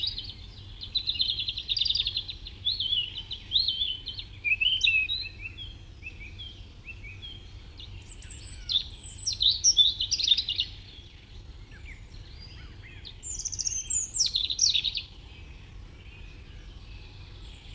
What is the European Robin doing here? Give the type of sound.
song